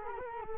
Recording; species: mosquito wingbeat signal from an infrared sensor; Culex quinquefasciatus